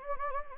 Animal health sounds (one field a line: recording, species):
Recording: mosquito wingbeat signal from an infrared sensor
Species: Anopheles gambiae